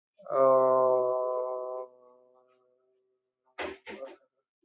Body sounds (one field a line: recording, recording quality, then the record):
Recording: sustained vowel as in made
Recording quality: excellent, no background noise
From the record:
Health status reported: recovered from COVID-19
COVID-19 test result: negative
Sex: male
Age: 28 years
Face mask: worn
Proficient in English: yes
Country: India